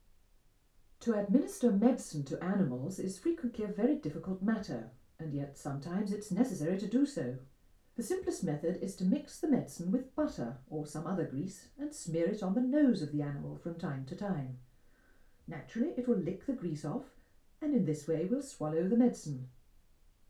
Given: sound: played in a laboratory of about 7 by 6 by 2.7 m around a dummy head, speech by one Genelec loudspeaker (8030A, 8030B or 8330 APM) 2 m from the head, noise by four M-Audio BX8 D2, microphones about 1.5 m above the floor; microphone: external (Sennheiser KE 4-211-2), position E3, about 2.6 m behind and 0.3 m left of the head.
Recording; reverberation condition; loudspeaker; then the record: female speech in English; low; 150 degrees to the right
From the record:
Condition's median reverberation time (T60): about 310 ms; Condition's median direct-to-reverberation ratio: about 3.5 dB